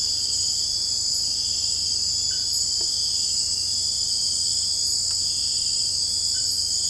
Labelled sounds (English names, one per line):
none